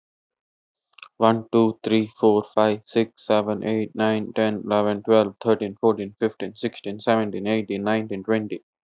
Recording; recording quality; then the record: counting at a fast pace; excellent, no background noise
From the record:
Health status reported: healthy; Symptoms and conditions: none ticked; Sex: male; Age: 25 years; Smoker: yes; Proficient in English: yes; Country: India